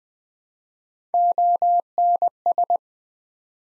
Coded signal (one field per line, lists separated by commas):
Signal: Morse code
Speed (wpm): 20 wpm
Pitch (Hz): 700 Hz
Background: none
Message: ONS